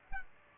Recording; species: mosquito wingbeat signal from an infrared sensor; Culex pipiens